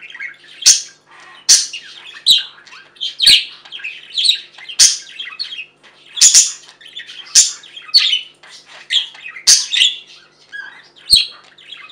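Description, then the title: Budgerigar chattering, rapid buzzy chirps and squeaks in loud bursts about every second, with crisp clicks. "Budgie Sounds"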